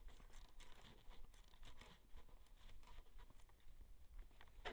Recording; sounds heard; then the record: poultry house recording; no chicken sound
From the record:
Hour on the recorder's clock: 22